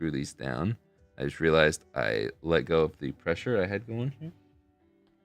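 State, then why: Not seated. Someone talks while reassembling the plastic shell halves of a handheld game console, holding pressure on them before the tri-wing screws go in. No click is heard: the shell parts have not clicked back into place yet.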